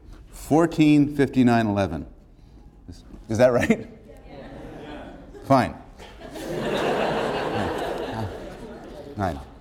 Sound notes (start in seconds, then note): 4.2 laughs; 5.9 laughter